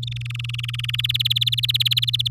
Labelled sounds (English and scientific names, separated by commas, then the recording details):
Domestic Canary (Serinus canaria) song
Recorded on 8 May 2018 at 14:53
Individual llb16